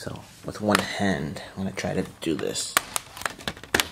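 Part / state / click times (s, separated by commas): plastic playset wall panel into its connector on the cage frame / seated / 3.8 s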